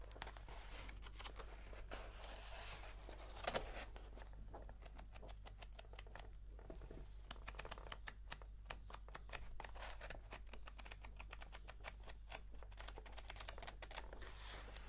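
Typing and page handling: rapid, fairly regular sharp clicks run through most of the fifteen seconds, denser after the fourth second. A louder thump lands near 3.5 seconds, and a steady low hum sits underneath throughout.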